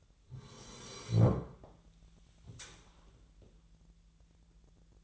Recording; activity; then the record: daily activity, microphone in the room; sit down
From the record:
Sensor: 3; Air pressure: 1001.6 hPa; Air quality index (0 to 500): 248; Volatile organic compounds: 142 ppm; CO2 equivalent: 3984 ppm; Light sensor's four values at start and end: 13/29/12/13 and 11/27/11/11